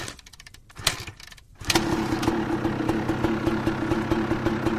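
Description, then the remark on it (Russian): A few faint clicks and mechanical rattles, then Kostik's motorcycle engine catches as he starts it and settles into a loud, steady, throbbing idle with a low pulsing rumble that continues to the end. “Костик завел мотоцикл и уже уселся в седло, как рядом появился Зайка.”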